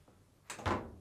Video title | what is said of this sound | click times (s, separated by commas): How to replace Fisher & Paykel washing machine Rotor Position Sensor part # 424349P | next reinstall the lid by aligning and pushing until it snaps back in place | 0.5 s